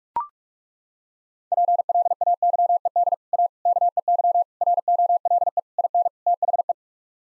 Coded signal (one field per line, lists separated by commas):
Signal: Morse code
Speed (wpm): 43 wpm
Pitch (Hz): 700 Hz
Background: none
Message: PLAYED A KEY ROLE IN THE